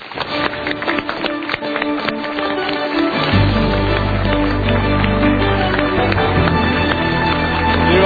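A crowd breaks into loud, dense applause for Mario Teguh, a steady crackle of many hands clapping that carries through the whole stretch, joined partway by a deep, sustained low tone underneath.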